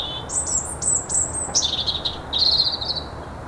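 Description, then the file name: European robin song: a series of high, clear notes followed by lower, trilled phrases. "Erithacus rubecula"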